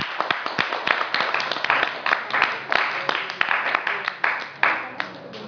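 A burst of audience applause, many hands clapping in a dense, irregular patter with sharp individual claps standing out, steady and fairly loud throughout.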